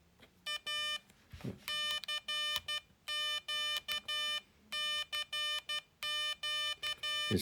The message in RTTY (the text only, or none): none